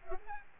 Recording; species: mosquito wingbeat signal from an infrared sensor; Aedes albopictus